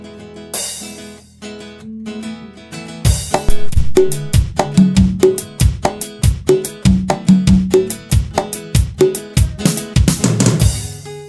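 A band plays upbeat cumbia during a radio show sound check, with a steady, bouncy percussion pulse, cowbell-like hits and bright melodic lines, loud and continuous after a short sparse intro, with no talking over it.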